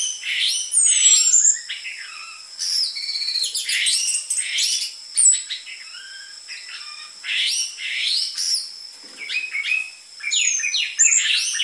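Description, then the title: Orange-headed thrush giving loud, varied song phrases: rich whistles, rattles and chatters delivered in bursts with brief pauses, over a thin high background tone. Lure (pancingan) and master song material for training caged orange-headed thrushes; dense filler song ('isian rapat'), suited to the spotted 'trotol' form. "PANCINGAN Anis Merah Gacor Materi Isian Rapat Cocok Untuk MASTERAN Anis Merah TROTOL"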